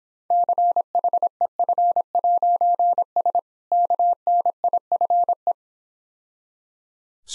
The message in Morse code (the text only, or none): CHEF'S KNIFE